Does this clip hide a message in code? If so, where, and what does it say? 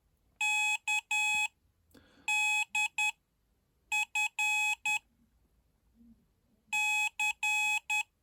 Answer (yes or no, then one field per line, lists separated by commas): yes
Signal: Morse code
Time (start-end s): 0.4-8.0 s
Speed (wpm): 10 wpm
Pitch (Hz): 2550 Hz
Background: none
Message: K D F C